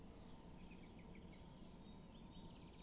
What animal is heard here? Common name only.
Song Thrush